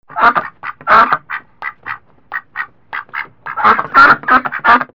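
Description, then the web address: Ducks quacking: harsh, nasal quacks in short bursts, some overlapping, with a brief lull midway before a louder cluster of calls. Farm ducks, more than one. "Farm Life. Ducks"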